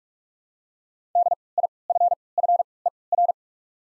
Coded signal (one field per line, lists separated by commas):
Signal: Morse code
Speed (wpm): 43 wpm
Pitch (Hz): 700 Hz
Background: none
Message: DIFFER